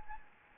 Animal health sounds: mosquito wingbeat signal from an infrared sensor; Anopheles gambiae

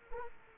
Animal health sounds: mosquito wingbeat signal from an infrared sensor; Culex quinquefasciatus

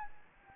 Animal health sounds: mosquito wingbeat signal from an infrared sensor; Anopheles gambiae

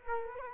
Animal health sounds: mosquito wingbeat signal from an infrared sensor; Culex quinquefasciatus

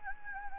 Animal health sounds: mosquito wingbeat signal from an infrared sensor; Anopheles gambiae

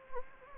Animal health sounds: mosquito wingbeat signal from an infrared sensor; Anopheles gambiae

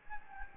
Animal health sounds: mosquito wingbeat signal from an infrared sensor; Anopheles gambiae

